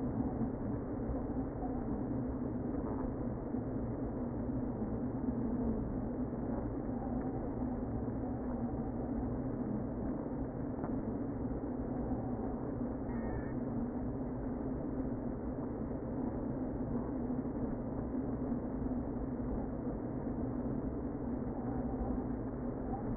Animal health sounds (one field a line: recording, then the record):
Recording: honeybee colony, microphone inside the hive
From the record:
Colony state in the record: queen present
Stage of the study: before two queens were removed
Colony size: about 60,000 bees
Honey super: yes